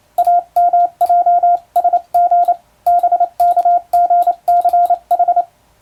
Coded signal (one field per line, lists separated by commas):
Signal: Morse code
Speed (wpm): 28 wpm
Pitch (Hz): 700 Hz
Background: radio noise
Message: AMJSG BKGCH